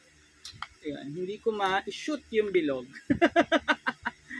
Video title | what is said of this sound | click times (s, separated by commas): UNBOXING U-SHAPED ARM MUSCLE BUILDER #trending #viral #video #viralvideo #fyp #foryou #trendingvideo | Ayan. Kailangan mag-click siya. | 0.4 s, 0.6 s